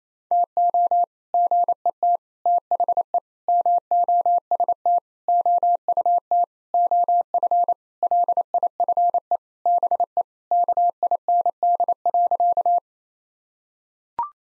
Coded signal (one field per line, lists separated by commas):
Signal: Morse code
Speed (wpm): 28 wpm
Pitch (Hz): 700 Hz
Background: none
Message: TO GET THE MOST OUT OF LIFE BE KIND.